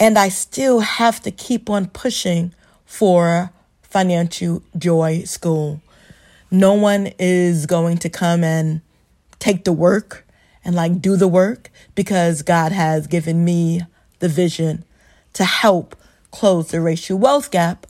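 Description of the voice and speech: An adult woman who stutters speaks in a clear, steady voice, stumbling on some words: sounds are stretched on a few words, such as a drawn-out "for" and "financial", and there are brief stalled pauses before some words. These mild prolongations and blocks fit stuttering.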